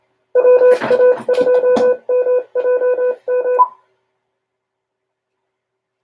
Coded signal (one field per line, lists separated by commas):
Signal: Morse code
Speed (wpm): 27 wpm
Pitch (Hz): 500 Hz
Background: none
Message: WA2MJM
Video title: OMARC Science & Technology #14 - Radio Series #2